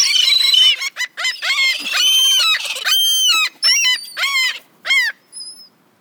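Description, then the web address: Gulls calling loudly: harsh, repeated cries with downward-bending notes come in quick bursts, then thin high notes at the end. "best service Blue Box birds seagulls"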